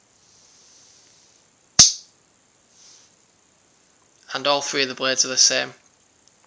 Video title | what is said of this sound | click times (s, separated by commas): Rough Rider Sowbelly Stockman (Gunstock) | get back in it does snap shot with some serious Authority | 1.8 s